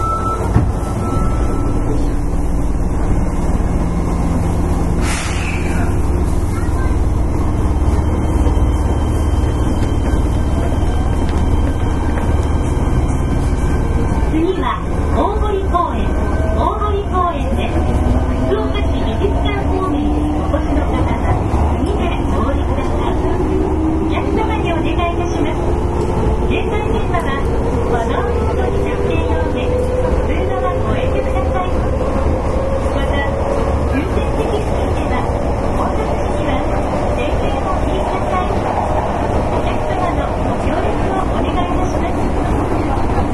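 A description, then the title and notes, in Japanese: A Fukuoka City Subway 1000 series train runs with a steady, heavy low rumble throughout. From about 15 seconds a motor whine rises gradually in pitch as it accelerates. A short bright tone sounds near 5 seconds, with faint voices underneath. 福岡市交通局 1000系電車の走行音です。空港線にて収録。区間は福岡空港から姪浜までです。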